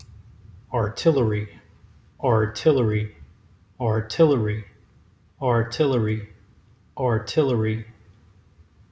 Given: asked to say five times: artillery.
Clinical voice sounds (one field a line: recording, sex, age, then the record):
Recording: repeated word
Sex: male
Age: 40 to 49 years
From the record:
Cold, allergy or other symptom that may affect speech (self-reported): no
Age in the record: 43 years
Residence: Nevada, United States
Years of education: 12